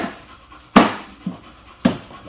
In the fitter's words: is fairly simple obviously clicks on the side foreign position